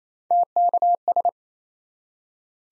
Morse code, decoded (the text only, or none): TKS